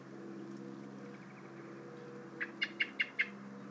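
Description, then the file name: Common blackbird giving a short run of five sharp chink notes after a quiet start with low background hum. "Turdus merula"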